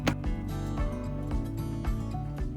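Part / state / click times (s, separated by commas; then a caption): canopy support on robotic mower docking station base plate / seated / 0.1 s. A plastic sun canopy support is pressed onto the base plate of a STIHL iMOW robotic lawn mower docking station. It snaps into place with a sharp, loud click at 0.1 s over steady background music. The support is seated.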